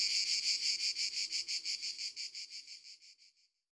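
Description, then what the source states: A cicada's buzzy song pulses about three times a second, then weakens and stops before the end. Cicadas recorded at Ribes, Ardèche, France, as part of a sound-ambience collection by Studio Les Trois Becs.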